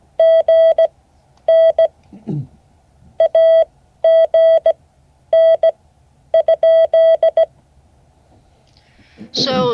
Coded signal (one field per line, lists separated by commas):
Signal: Morse code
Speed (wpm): 17 wpm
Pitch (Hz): 650 Hz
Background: speech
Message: GN AGN ?